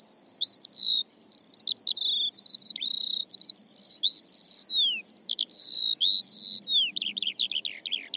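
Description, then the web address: Bird singing a rapid, varied run of high whistles, falling slurs and clipped chips, ending in a quick rattling series of sharp notes. "Deverinetal"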